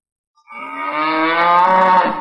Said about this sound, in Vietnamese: trâu vàng một thước nhìn chằm chằm vào hắn rồi phát ra tiếng gầm lớn như muốn giết chết hắn ngay tức khắc vậy